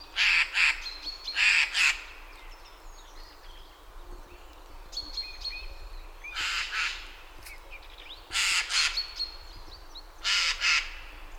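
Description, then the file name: Eurasian jay uttering loud, noisy screeches in doubled bursts with pauses of a few seconds, while faint thin whistles and chirps from other birds sound between. "Garrulus glandarius"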